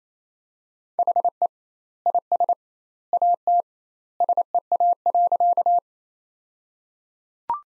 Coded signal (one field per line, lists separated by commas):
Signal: Morse code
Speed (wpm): 28 wpm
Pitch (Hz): 700 Hz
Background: none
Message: HE IS AT SEA.